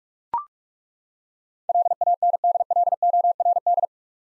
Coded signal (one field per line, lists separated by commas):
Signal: Morse code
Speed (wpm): 41 wpm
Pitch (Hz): 700 Hz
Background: none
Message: LANDLORD